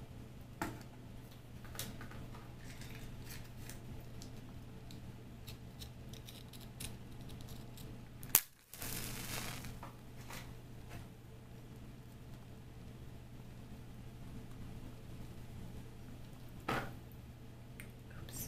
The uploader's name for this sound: Match Lighting Extinguishing, Fire Crackling,Tapping, Glass Sounds, Candles